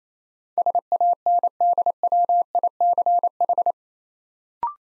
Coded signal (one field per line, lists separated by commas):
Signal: Morse code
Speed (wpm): 28 wpm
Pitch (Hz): 700 Hz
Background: none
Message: SANDWICH